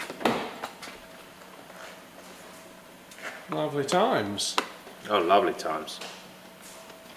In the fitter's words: yeah the whole Clifton position yeah did you hear it that was a positive click